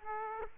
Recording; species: mosquito wingbeat signal from an infrared sensor; Aedes aegypti